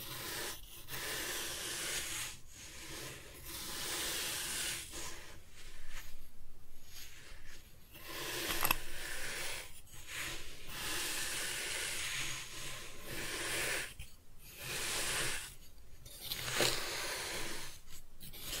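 Kinetic sand is cut and scooped in soft, grainy hisses with brief pauses, about every couple of seconds, over a faint low hum.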